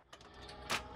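A metal bar is inserted by hand into the locking mechanism of an F/A-18 E/F boarding ladder, giving the third audible click of the ladder's extension. The click lands at 0.1 s, followed by a short tick-like hit at 0.2 s, then a louder broad burst of noise around 0.7 s. The bar is seated in the lock.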